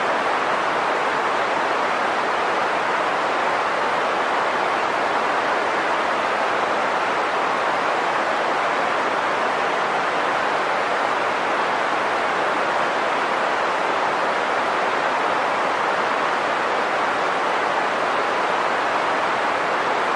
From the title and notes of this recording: Green Noise Sleepscape by Bonamour™.